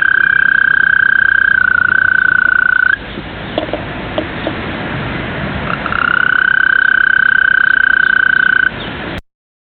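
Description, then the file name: European green toad giving two long, level, purring trills, each about three seconds, separated by a quiet interval with faint clicks and knocks. "Rospo smeraldino (Bufo viridis)"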